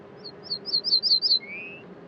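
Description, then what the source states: Ortolan Bunting song, a series of ringing high notes repeated evenly, ending with a longer lower note, otherwise quiet. Col du Granon, 2400 m, above Briançon, Hautes-Alpes; 23 June 2018 at dawn; recorded this time without the noise of the torrent.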